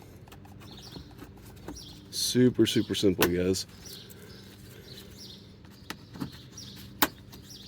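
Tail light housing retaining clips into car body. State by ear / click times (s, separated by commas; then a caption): seated / 7.0 s. On a 2022 Kia Forte GT, the rear turn signal/reverse light housing is pushed back into the car body until its plastic retaining clips snap into place. Someone talks over a quiet background, and the sharp, loud click comes at 7.0 s. The housing is seated.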